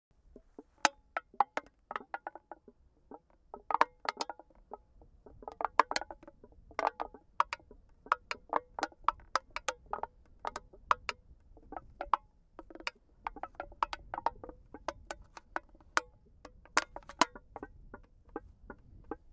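Empty aluminum cans are handled and knocked together, giving a busy run of sharp, bright clicks and taps that ring briefly. The hits come irregularly but almost constantly, sometimes in quick clusters, over a low, soft rumble that persists throughout.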